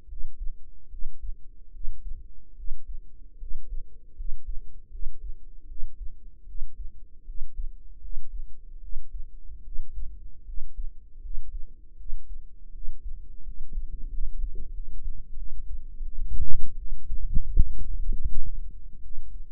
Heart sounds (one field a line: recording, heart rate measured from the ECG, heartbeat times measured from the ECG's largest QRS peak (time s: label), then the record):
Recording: heart sounds by microphone in the right ear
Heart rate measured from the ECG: 79 bpm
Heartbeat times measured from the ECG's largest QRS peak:
0.06 s: heartbeat
0.88 s: heartbeat
1.70 s: heartbeat
2.54 s: heartbeat
3.37 s: heartbeat
4.14 s: heartbeat
4.89 s: heartbeat
5.65 s: heartbeat
6.44 s: heartbeat
7.23 s: heartbeat
7.99 s: heartbeat
8.79 s: heartbeat
9.61 s: heartbeat
10.43 s: heartbeat
11.19 s: heartbeat
11.95 s: heartbeat
12.70 s: heartbeat
13.42 s: heartbeat
14.08 s: heartbeat
14.71 s: heartbeat
15.34 s: heartbeat
16.01 s: heartbeat
16.75 s: heartbeat
17.52 s: heartbeat
18.28 s: heartbeat
19.00 s: heartbeat
From the record:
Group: healthy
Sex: female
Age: 19 years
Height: 163 cm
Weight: 48.9 kg